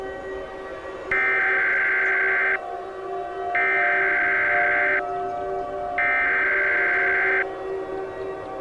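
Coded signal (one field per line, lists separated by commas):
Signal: Emergency Alert System (SAME) tones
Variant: header bursts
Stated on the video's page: Fictional EAS scenario preview containing valid EAS tones.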